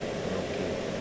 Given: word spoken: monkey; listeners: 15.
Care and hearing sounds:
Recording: one English word in noise, from a listening test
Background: speech-shaped noise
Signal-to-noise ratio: -5.5 dB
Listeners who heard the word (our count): 2 of 15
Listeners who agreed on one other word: 6 of 15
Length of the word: 0.61 s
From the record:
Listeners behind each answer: 6, 2, 1, 1, 1, 1, 1, 1, 1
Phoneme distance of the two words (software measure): 44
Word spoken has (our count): 2 syllables, 5 phonemes, stress on syllable 1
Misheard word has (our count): 2 syllables, 5 phonemes, stress on syllable 1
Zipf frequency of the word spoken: 4.38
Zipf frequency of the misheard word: 4.24

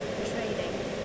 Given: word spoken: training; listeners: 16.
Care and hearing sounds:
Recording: one English word in noise, from a listening test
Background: speech-shaped noise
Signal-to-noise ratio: -5.3 dB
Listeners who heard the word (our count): 8 of 16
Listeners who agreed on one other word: 8 of 16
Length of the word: 0.65 s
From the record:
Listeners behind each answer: 8, 8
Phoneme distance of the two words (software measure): 10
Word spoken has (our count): 2 syllables, 6 phonemes, stress on syllable 1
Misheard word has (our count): 2 syllables, 6 phonemes, stress on syllable 1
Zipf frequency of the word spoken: 4.99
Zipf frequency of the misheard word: 4.41

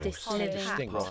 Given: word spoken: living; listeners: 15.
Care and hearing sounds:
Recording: one English word in noise, from a listening test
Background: four-talker babble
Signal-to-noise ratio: -1.6 dB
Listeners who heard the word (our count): 0 of 15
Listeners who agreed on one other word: 7 of 15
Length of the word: 0.71 s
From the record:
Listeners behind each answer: 7, 3, 1, 1, 1, 1, 1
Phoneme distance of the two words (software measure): 54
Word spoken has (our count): 2 syllables, 5 phonemes, stress on syllable 1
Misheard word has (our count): 2 syllables, 7 phonemes, stress on syllable 1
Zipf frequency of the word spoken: 5.31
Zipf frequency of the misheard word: 4.02

